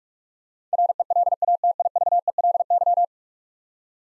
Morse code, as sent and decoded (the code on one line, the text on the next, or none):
.-. . .-.. .- - .. ...- . .-.. -.--
RELATIVELY